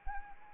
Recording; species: mosquito wingbeat signal from an infrared sensor; Anopheles arabiensis